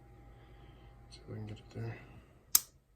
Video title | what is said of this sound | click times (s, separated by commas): Leatherman Free P2 “Phenomenal” | it's locked in nice but it | 2.6 s